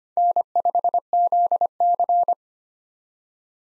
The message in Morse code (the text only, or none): N5ZC